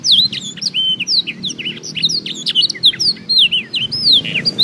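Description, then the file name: Black-throated canary song: a rapid, unbroken stream of bright whistled slurs, trills and chips, high-pitched throughout. Full song. "audio kenari new obelix jr full blackthroat"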